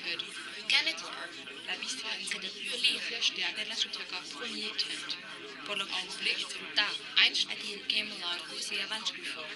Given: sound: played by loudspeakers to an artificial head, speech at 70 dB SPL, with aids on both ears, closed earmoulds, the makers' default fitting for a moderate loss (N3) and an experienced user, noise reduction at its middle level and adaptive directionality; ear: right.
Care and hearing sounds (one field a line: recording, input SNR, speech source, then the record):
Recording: speech test signal (ISTS) in cocktail-party noise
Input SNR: -3 dB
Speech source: on the right (90 degrees)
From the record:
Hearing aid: class 2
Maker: B